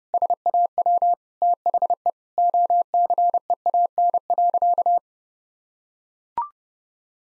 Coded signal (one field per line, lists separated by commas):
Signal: Morse code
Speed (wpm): 32 wpm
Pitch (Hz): 700 Hz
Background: none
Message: SAW THE OCEAN.